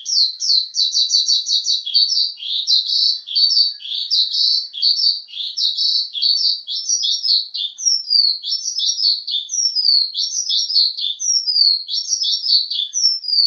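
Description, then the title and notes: Bird song opening with rapid trilled chatter, then settling into repeated high falling whistled phrases, varied and energetic throughout. Birdsong used for training (mastering) pet birds. "Suara Burung. Suara Kicauan Burung untuk memaster burung kesayangan"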